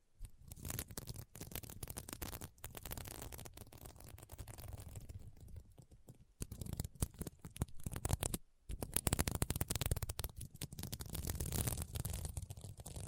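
Scratching on a sequin mermaid pillow, a dense run of quick rasping strokes with a low rumbling underneath. The scratches come in fast, irregular bursts, with brief pauses near six and again around eight and a half seconds before resuming harder.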